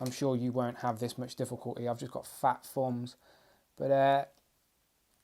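Someone talks while pushing the plastic arm of an SH Figuarts Ron Weasley action figure back into its shoulder socket after swapping the cape. Faint handling noise follows the talking. Nothing has seated or clicked yet.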